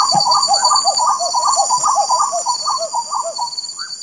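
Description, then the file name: Spot-winged wood quail calling: a dense run of rapid, overlapping mellow notes, almost three a second, with steady high insect-like tones above. Recorded at Jd Bopiranga, Itanhaém, São Paulo, Brazil, on 7 April 2009. "Odontophorus-capoeira-Jd Bopiranga-Itanhaem-SP-Brazil-7-4-09-ASilveira"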